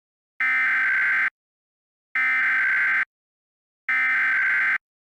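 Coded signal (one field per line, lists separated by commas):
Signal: Emergency Alert System (SAME) tones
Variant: header bursts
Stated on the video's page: Fictional EAS scenario, a simulated alert.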